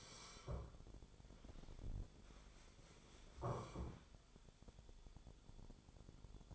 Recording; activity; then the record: daily activity, microphone in the room; sit down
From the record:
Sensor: 5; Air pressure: 1015.3 hPa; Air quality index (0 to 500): 187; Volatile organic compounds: 7 ppm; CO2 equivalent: 2030 ppm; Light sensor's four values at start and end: 35/81/32/31 and 35/81/32/31